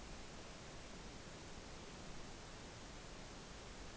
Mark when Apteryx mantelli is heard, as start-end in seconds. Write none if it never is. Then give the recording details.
none. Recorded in New Zealand on 14 November 2013. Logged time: 02:19